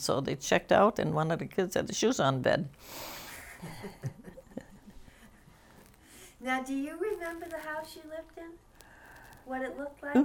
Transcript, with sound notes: So they checked out and one of the kids had their shoes on in bed. [Chuckles]
Now, do you remember the house you lived in, what it looked like?